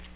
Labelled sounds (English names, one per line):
Tennessee Warbler flight call